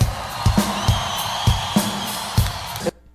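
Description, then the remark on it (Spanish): A crowd applauds and cheers steadily for a guitarist being introduced on stage, dense clapping filling the air with a few louder whoops and shouts rising above it, before the noise cuts off abruptly at the end. “De un aplauso fuerte”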